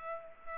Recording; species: mosquito wingbeat signal from an infrared sensor; Culex pipiens